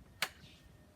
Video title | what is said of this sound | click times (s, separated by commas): Dad Sets Up A Suncast Hosemobile Mobile Hose Reel | like that. And you see you're locked into place. | 0.2 s